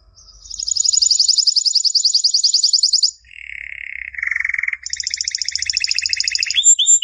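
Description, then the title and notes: Canary delivering a long high rattling trill, a lower trilled passage, then another fast trill and short whistles. Canary master song used as a training model for other canaries. "Suara Burung Kenari Masteran. master suara burung kenari mantap"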